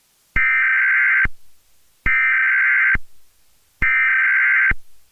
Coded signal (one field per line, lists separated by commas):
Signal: Emergency Alert System (SAME) tones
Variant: header bursts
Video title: A Quiet Place 2 Fake EAS Alert